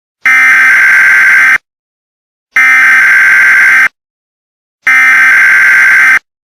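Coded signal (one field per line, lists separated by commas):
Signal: Emergency Alert System (SAME) tones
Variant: header bursts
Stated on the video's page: Fictional EAS scenario made as an animated movie.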